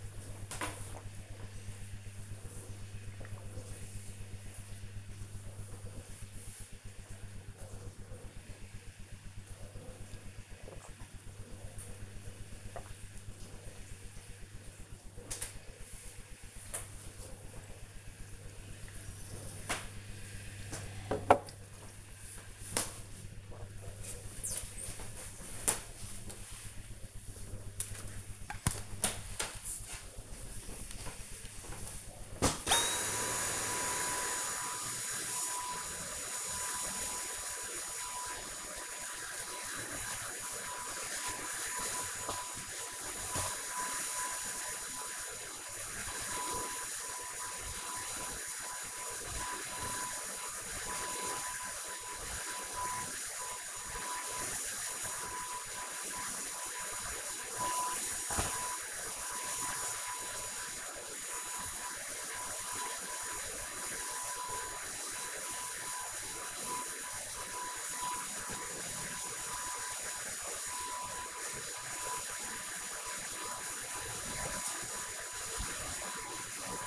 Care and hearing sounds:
household activities, microphone on the right wrist
0.00-18.68 s: drinking
30.76-76.87 s: vacuum cleaning

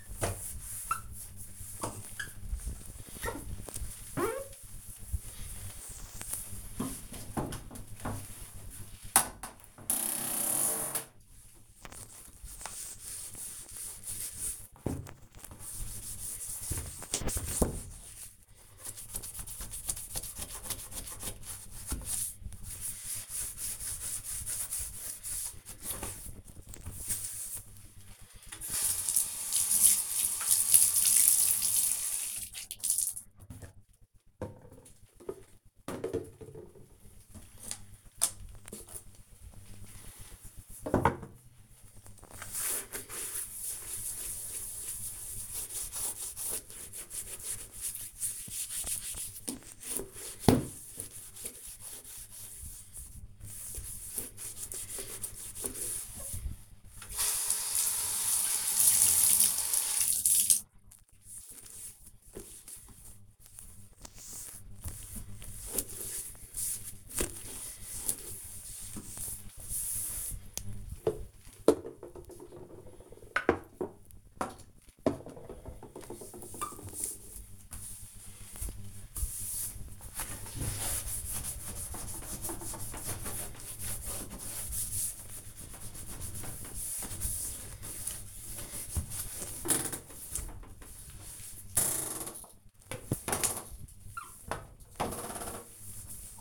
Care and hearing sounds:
household activities, microphone on the right wrist
0.00-96.41 s: bathroom cleaning (bathtub)

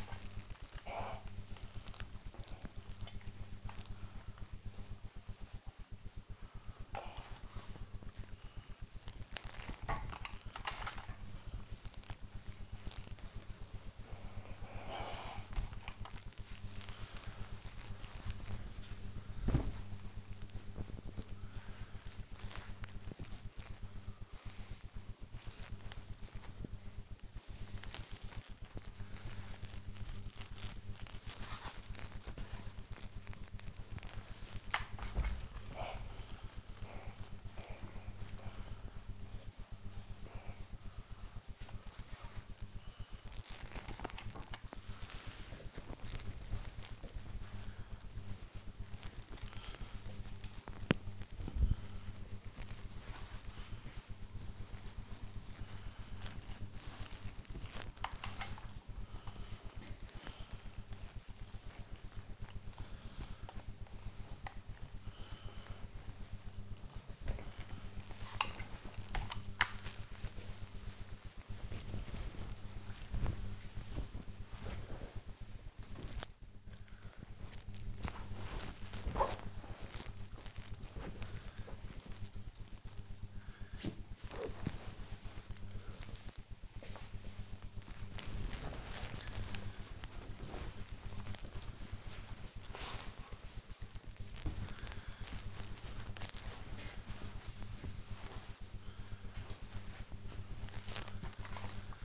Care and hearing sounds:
household activities, microphone on the right wrist
0.00-74.97 s: ironing laundry
96.14-102.05 s: ironing laundry

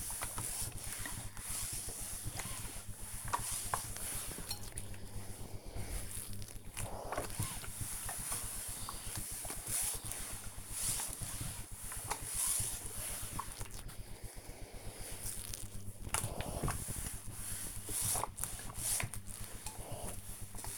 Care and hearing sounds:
household activities, microphone on the right wrist
0.00-20.78 s: ironing laundry

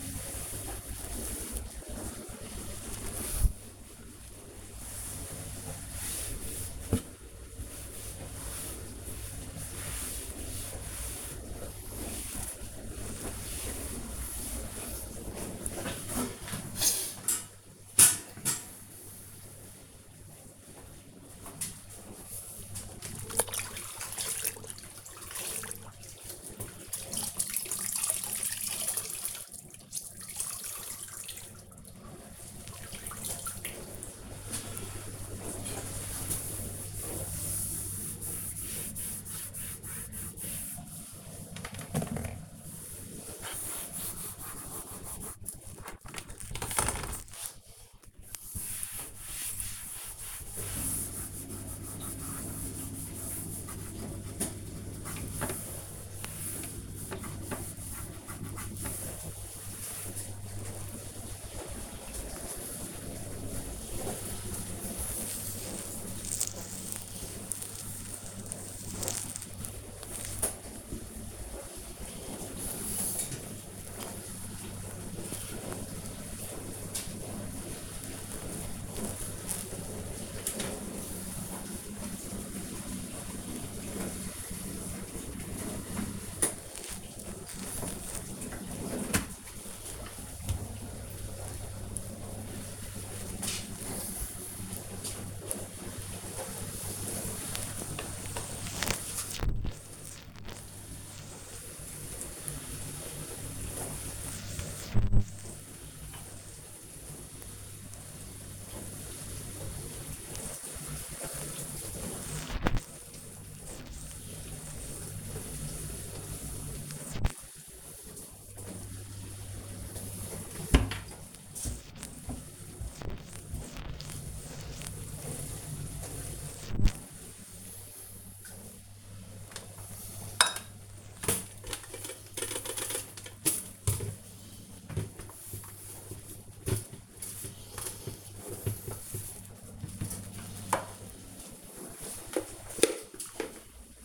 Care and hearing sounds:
household activities, microphone on the right wrist
0.00-144.05 s: kitchen
37.23-144.05 s: cleaning the cupboard

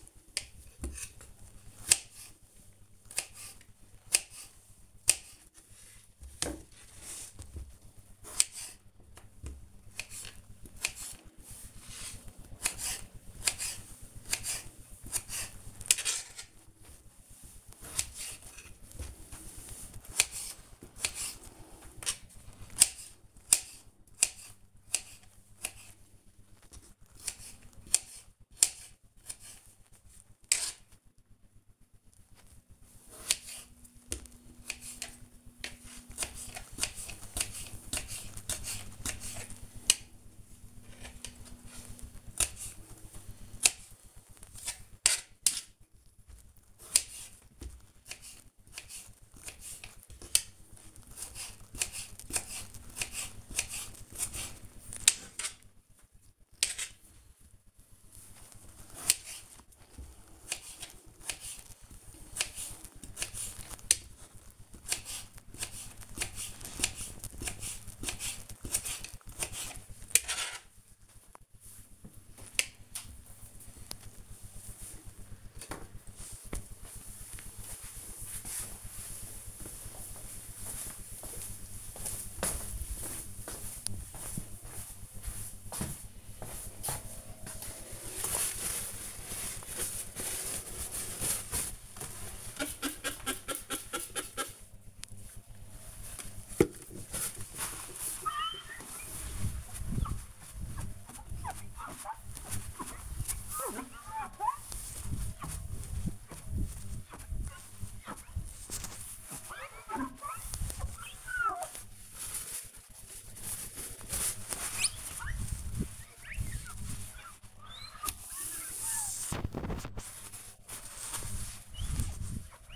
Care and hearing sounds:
household activities, microphone on the right wrist
0.00-74.97 s: cutting vegetables
87.06-122.76 s: window cleaning

